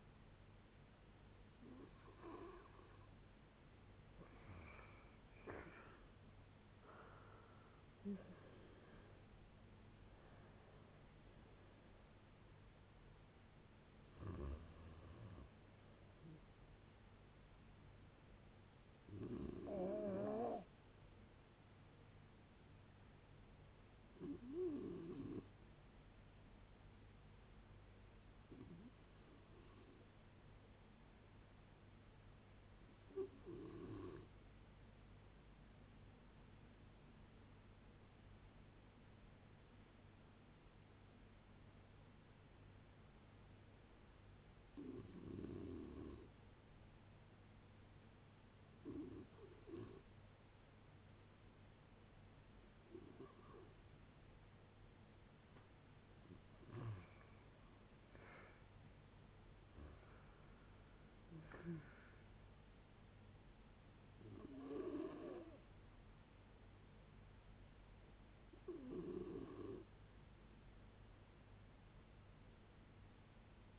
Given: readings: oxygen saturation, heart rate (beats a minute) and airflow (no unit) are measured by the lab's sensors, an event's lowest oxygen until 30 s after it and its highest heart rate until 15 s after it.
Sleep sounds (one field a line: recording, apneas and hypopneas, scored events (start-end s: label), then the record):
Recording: a person awake in a sleep study, by a voice recorder at the bedside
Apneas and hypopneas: none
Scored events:
0.00-73.79 s: awake
0.00-73.79 s: awake
From the record:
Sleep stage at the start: awake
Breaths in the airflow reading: 33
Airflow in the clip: -0.7 to 0.7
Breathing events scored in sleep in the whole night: 496 in 5.4 hours asleep